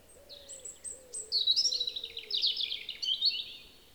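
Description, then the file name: European robin singing a rapid tumbling phrase of high whistles and twittering trills, over a soft, low, repeated hooting note in the background. "Erithacus rubecula"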